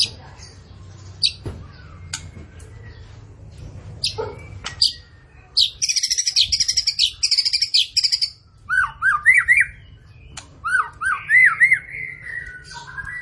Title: PANCINGAN MURAI BATU. PAGI HARI! MURAI BATU GACOR